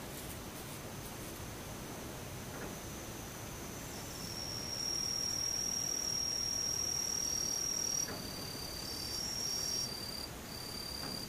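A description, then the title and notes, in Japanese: Daytime insects buzz in a steady, high-pitched drone over a constant soft hiss and low rumble. From about 4.5 to 8 seconds one insect's thin whine rises louder and clearer, then fades back, with brief similar bursts near 9 and 11 seconds. ムシ昼。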